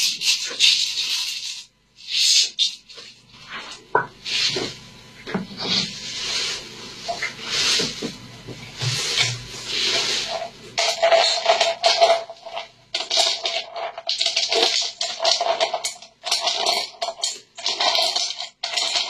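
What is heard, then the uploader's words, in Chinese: Medicine is ground into powder in bursts of gritty, bright scraping that rise and fall irregularly, with brief pauses near 2, 12 and 16 seconds. A faint low hum runs under the first half, and a thin squeak appears around 11 seconds. 模拟少言寡语的中医问诊抓药开方子捣药碾磨药粉。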